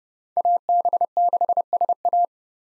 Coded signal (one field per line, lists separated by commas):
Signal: Morse code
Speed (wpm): 32 wpm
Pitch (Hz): 700 Hz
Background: none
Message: AB6SA